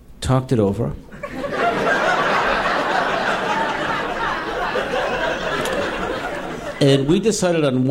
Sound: soundbite of laughter

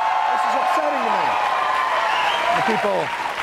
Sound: soundbite of cheering

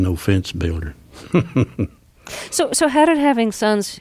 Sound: soundbite of laughter

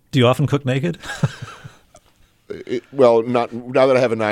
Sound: laughter

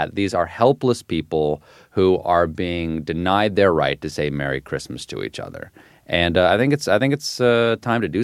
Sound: none

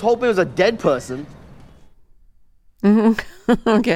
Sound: laughter

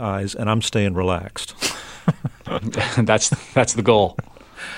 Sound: soundbite of laughter

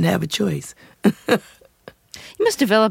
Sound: laughter

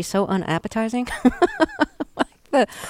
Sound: soundbite of laughter

